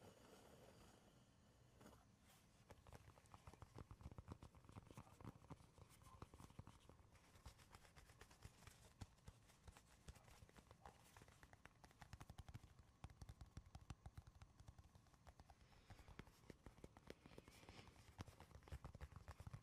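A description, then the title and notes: Tapping and scratching on wood, cork and cardboard, a dense run of quick, irregular taps with a dry, hollow knock. The taps come steadily across the whole span, with brief bursts of faster rapping, over a soft rustling scratch beneath. ASMR tapping and scratching (no talking) wood cork cardboard.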